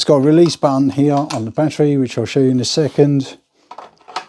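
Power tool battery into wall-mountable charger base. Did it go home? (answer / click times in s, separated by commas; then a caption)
yes / 4.2 s. Someone talks, then a Stanley FatMax V20 20 V slide-on power-tool battery is slid into its wall-mountable plastic mount/charger base with a few short plastic knocks from about 3.7 s. It clicks and seats in place at 4.2 s.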